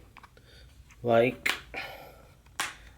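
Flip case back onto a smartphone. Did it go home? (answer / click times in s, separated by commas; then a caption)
yes / 2.6 s. The plastic back of a Galaxy Note 3 S View flip case is pressed onto the back of the phone while someone talks. A sharp, loud snap at 2.6 s marks the case back seating into place.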